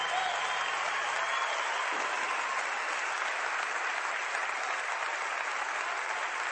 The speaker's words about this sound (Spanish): Un aplauso para Abel, más fuerte.